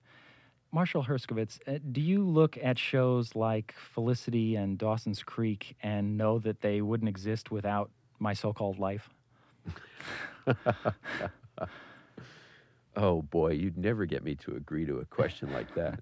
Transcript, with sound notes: Marshall Herskovitz, do you look at shows like "Felicity" and "Dawson's Creek" and know that they wouldn't exist without "My So-Called Life"?
(laughs) Oh, boy, you'd never get me to agree to a question like that.